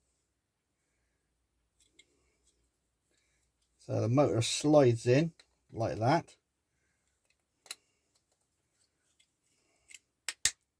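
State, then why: Seated. A small DC electric motor is slid into the plastic chassis of a Tamiya 1/32 Mini 4WD Wild Junior Lunch box kit and pressed down until it seats. Someone talks, followed by faint taps, and then two sharp snaps at 10.3 s and 10.5 s as the motor clicks into place in the chassis.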